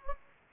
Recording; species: mosquito wingbeat signal from an infrared sensor; Anopheles gambiae